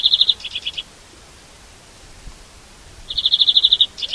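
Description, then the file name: European greenfinch giving a bright level trill followed by lower notes, then silence and another longer trill. "Chloris chloris"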